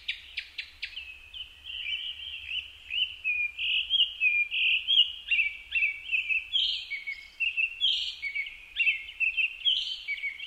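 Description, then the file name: Japanese thrush singing steadily, with a few sharp high notes opening into a continuous flow of warbled whistles. Recorded 4 May 2010 at 18:30. "kurotugumi-20100504-1830"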